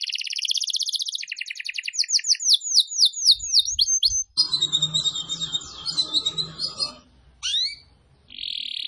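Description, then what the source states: Atlantic canary song with rapid buzzy trills and quick repeated slurred notes, changing pace several times, over faint low rumbling background noise. Canary, called kenari, recording used as a lure for bird-trapping (pikat).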